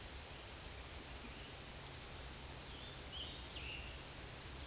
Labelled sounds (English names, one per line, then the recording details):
Scarlet Tanager song
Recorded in a Pennsylvania forest on 19 May 2023 at 13:58
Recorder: AudioMoth, point grid1_6_low
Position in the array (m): 162 m, 64 m